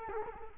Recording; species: mosquito wingbeat signal from an infrared sensor; Culex quinquefasciatus